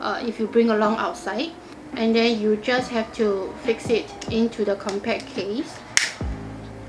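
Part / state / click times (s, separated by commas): blush pan into compact case / seated / 6.0 s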